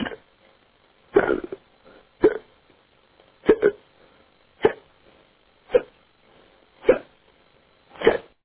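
Eight short, sharp, voiced gulping sounds come at fairly regular intervals of about a second, roughly 55 a minute, over telephone-quality audio from a phone message. These are hiccups in an adult man: brief involuntary catches of breath, each cut off abruptly.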